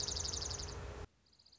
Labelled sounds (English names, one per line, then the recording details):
Dark-eyed Junco
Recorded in Sonoma County, California